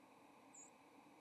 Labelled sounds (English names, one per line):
White-throated Sparrow flight call